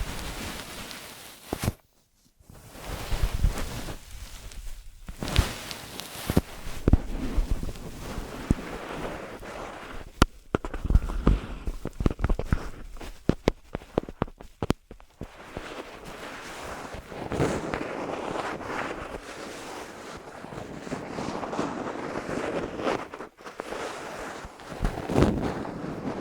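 Ear massage and cleaning sounds: dense rubbing and rustling with sharp crackles and scratches, brief silences near 2 and 23 seconds.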